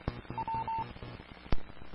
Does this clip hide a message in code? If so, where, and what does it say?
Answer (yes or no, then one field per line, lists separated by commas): no